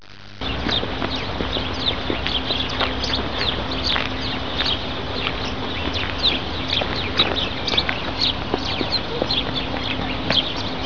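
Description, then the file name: Birds calling, many short high chirps and twitters overlapping throughout, with a steady low hum underneath. "VOGEL"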